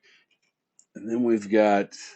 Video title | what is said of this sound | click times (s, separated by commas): Valaverse Action Force Urban Combat Republic Guard & Urban Gear Set Needless Unboxing | that pops right into place on the front of the helmet | 0.8 s